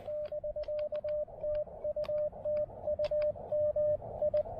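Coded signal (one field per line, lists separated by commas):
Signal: Morse code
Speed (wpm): 20 wpm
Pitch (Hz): 600 Hz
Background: radio noise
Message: <BK> TU TU MI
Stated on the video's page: Parks on the Air activation at a North Carolina lighthouse.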